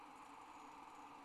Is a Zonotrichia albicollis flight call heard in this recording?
no